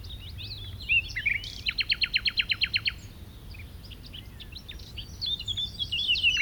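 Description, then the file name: Common nightingale song: varied whistled phrases, then a fast run of loud, repeated clicking notes, followed by more scattered chirps, over a low steady rumble. "Luscinia megarhynchos"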